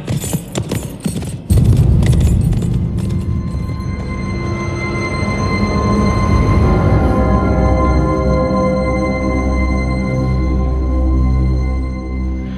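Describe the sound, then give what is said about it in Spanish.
A quick run of horse hooves clip-clopping, fading over the first few seconds as sustained, swelling music rises and carries on steadily to the end. “Y ya sabéis, tu hija o tú, tu caballo, sabrá cómo volver.”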